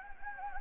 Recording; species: mosquito wingbeat signal from an infrared sensor; Anopheles gambiae